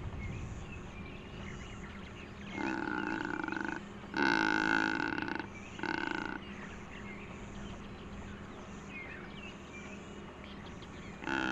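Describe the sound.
Secretarybird giving three deep, groaning calls rich in harmonics, spaced by short pauses over a low background hiss, then another starting at the end.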